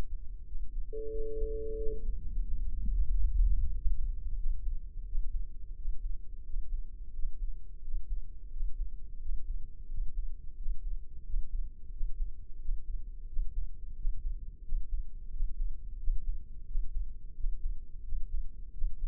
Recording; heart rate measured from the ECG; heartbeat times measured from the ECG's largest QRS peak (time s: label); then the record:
heart sounds by microphone in the left ear; 89 bpm
0.48 s: heartbeat
1.13 s: heartbeat
1.79 s: heartbeat
2.44 s: heartbeat
3.10 s: heartbeat
3.74 s: heartbeat
4.39 s: heartbeat
5.07 s: heartbeat
5.77 s: heartbeat
6.46 s: heartbeat
7.15 s: heartbeat
7.84 s: heartbeat
8.53 s: heartbeat
9.21 s: heartbeat
9.90 s: heartbeat
10.58 s: heartbeat
11.26 s: heartbeat
11.93 s: heartbeat
12.61 s: heartbeat
13.29 s: heartbeat
13.97 s: heartbeat
14.65 s: heartbeat
15.32 s: heartbeat
16.00 s: heartbeat
16.68 s: heartbeat
17.36 s: heartbeat
18.05 s: heartbeat
18.74 s: heartbeat
From the record:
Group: healthy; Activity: rest 0-1 s, breath hold 1-19 s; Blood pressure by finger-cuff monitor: 131/74 mmHg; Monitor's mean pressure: 91 mmHg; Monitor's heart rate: 88 bpm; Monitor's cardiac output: 7.3 L/min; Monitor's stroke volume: 82 mL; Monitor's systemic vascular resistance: 870 dyn s/cm5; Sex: male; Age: 21 years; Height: 175 cm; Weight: 72.6 kg